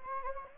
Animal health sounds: mosquito wingbeat signal from an infrared sensor; Anopheles gambiae

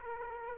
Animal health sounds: mosquito wingbeat signal from an infrared sensor; Aedes aegypti

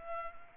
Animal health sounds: mosquito wingbeat signal from an infrared sensor; Culex pipiens

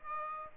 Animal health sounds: mosquito wingbeat signal from an infrared sensor; Aedes aegypti

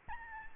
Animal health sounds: mosquito wingbeat signal from an infrared sensor; Aedes albopictus

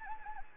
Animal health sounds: mosquito wingbeat signal from an infrared sensor; Anopheles gambiae

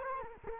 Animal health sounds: mosquito wingbeat signal from an infrared sensor; Culex quinquefasciatus

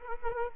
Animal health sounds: mosquito wingbeat signal from an infrared sensor; Culex quinquefasciatus

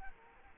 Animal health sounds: mosquito wingbeat signal from an infrared sensor; Culex quinquefasciatus

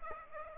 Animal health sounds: mosquito wingbeat signal from an infrared sensor; Aedes aegypti

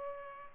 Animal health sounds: mosquito wingbeat signal from an infrared sensor; Culex pipiens

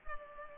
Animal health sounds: mosquito wingbeat signal from an infrared sensor; Culex pipiens

